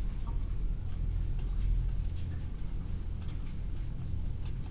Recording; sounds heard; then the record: poultry house recording; healthy chickens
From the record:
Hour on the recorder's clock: 15